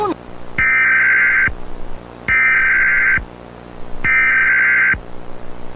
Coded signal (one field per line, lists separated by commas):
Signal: Emergency Alert System (SAME) tones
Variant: header bursts